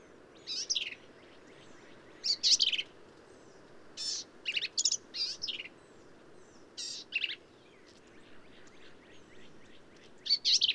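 Black-capped vireo singing a string of brief, varied phrases, scratchy chattering notes mixed with sharper slurred ones, each phrase separated by short pauses.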